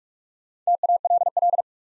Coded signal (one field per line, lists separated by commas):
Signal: Morse code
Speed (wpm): 44 wpm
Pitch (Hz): 700 Hz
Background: none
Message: TALL